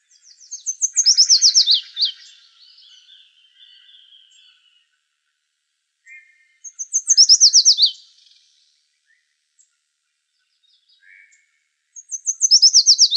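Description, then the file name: Yellow warbler song: three bright phrases of high slurred notes about six seconds apart, with soft chips and a faint buzzy trill between them. Recorded in Arizona. "YWAR 2 deviche"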